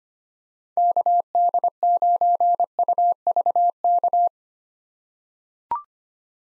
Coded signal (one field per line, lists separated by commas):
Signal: Morse code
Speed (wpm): 25 wpm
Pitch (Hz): 700 Hz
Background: none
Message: KD9UVK